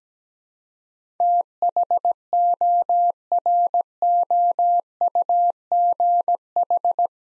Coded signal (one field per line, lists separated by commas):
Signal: Morse code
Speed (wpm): 17 wpm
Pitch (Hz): 700 Hz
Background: none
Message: THOROUGH